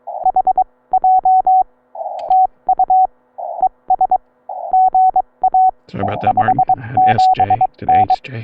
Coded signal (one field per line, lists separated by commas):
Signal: Morse code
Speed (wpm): 22 wpm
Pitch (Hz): 750 Hz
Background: none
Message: HJ TU ES GA 57N